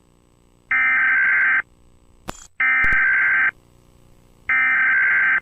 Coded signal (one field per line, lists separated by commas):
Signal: Emergency Alert System (SAME) tones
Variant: header bursts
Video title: EAS alarm with youtuber intro for @AAAshley86ThuNderBirD